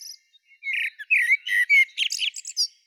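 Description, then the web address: Common blackbird song: a run of warbled, fluty phrases around the middle-high register, ending in higher squeaky, twittering notes; background otherwise quiet. "Turdus merula"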